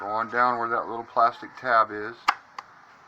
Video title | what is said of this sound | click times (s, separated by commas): 02 beetle mirror blinker | See it? Snapped right in there. | 2.6 s